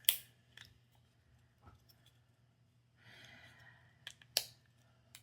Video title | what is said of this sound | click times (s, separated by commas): Build a Book Nook With Me - Start to Finish | that's satisfying. That little click. That's the satisfying part. | 4.4 s